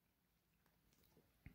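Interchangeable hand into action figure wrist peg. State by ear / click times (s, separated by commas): seated / 1.5 s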